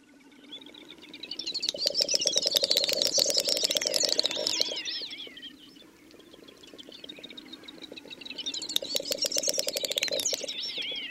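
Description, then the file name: Great snipe display: two bouts, each building from soft clicks to a loud rattle of ticks with swooping whistled notes, the first fading away before the second begins. "Dubelt"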